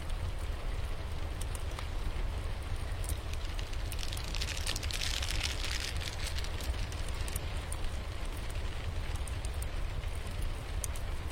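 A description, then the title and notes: A fire burns with a steady, dense hiss over a constant low rumble. Sharp crackles and pops snap through it at irregular moments the whole way, and the hiss grows brighter and louder for a couple of seconds around the middle. Sitting by the fire.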